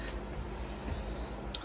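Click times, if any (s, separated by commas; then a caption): 1.6 s. A metal portafilter is fitted at an angle onto the group head of an ICUIRE 20 bar compact espresso machine and twisted counterclockwise until it locks. A low, steady background sound runs until one sharp click at 1.6 s, and the portafilter is seated in the group head.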